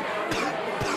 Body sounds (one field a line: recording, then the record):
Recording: coughing mixed with background sound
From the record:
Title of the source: Coughing 46